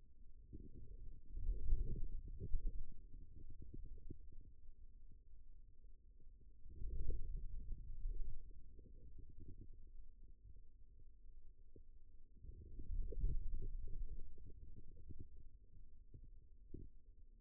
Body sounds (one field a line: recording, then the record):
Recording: forearm muscle sounds (acoustic myography)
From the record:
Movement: wrist flexion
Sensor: system 2, bracelet of six BSWA MPA416 microphones around the upper forearm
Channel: 6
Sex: male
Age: 22 years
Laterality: right